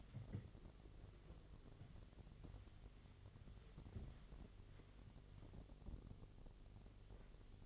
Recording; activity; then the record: daily activity, microphone in the room; wipe stove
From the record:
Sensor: 4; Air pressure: 1007.8 hPa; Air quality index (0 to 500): 193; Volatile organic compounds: 6 ppm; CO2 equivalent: 1932 ppm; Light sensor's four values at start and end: 23/72/27/26 and 22/71/27/26